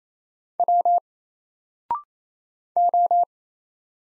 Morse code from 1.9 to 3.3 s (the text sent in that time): O